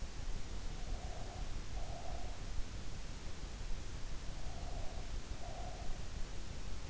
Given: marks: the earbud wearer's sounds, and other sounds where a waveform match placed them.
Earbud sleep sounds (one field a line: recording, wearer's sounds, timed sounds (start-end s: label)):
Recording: sounds in sleep by an in-ear microphone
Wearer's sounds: breath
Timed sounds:
0.72-2.46 s: breath
4.21-6.34 s: breath